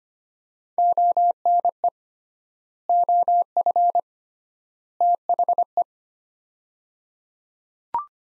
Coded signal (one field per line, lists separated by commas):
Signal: Morse code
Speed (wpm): 25 wpm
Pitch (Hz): 700 Hz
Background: none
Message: ONE OF THE